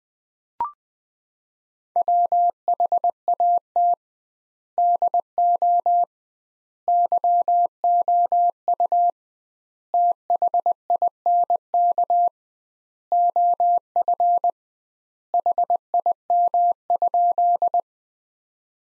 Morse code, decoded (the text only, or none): WHAT DO YOU THINK OF HIM?